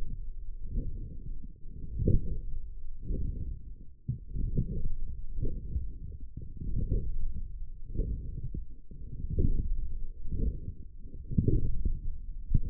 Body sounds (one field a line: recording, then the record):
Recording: forearm muscle sounds (acoustic myography)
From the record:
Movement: forearm pronation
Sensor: system 1, eight BSWA MPA416 microphones around the upper forearm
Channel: 3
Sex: male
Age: 42 years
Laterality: right